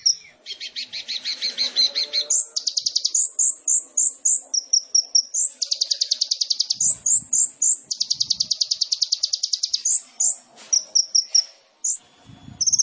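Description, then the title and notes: Sunbird song of rapid high trills alternating with bright chirped notes, delivered almost continuously. Indonesian masteran training recording of an actively singing (gacor) kolibri ninja, full of isian (song fill-ins) and tembakan (sharp burst phrases), intended as pancingan to stimulate other birds. "MASTERAN KOLIBRI NINJA TERBAIK FULL ISIAN DAN TEMBAKAN MEWAH COCOK BUAT PANCINGAN. Suara Burung Kolibri Ninja Gacor"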